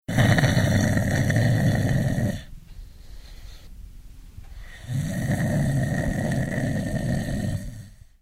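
Adult. Loud snoring, a human mouth sound: two long, rough, low-pitched snores separated by a quieter pause.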